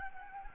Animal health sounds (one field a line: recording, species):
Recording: mosquito wingbeat signal from an infrared sensor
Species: Anopheles gambiae